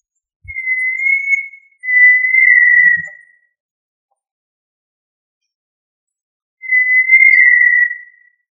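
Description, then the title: Tinamou giving long, steady pure whistles, two back to back, then a pause of about three seconds before a third; a faint low thump at the start of the first and another near the end of the second. "Familia Tinamidae - Quail - Puyuh"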